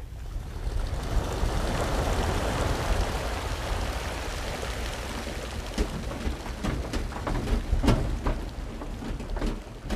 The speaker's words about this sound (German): Seine Krieger werden von einer gewaltigen Wasserwelle in den Fluss geschwemmt, wo sie um Luft ringend flussabwärts treiben.